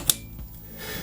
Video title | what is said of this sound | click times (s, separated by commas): Olight Odin GL M-LOK Green Laser Tactical Light | into the rail mount until you hear an audible click | 0.1 s